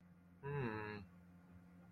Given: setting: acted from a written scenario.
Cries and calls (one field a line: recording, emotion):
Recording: vocal sound without words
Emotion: neutral